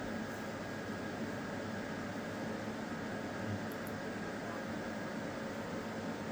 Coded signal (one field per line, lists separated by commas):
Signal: FT8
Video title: Ftdx 3000 working great on ft8 again let's compare the beam & loop antenna